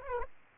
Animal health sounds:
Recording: mosquito wingbeat signal from an infrared sensor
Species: Aedes aegypti

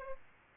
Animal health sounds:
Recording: mosquito wingbeat signal from an infrared sensor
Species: Aedes aegypti

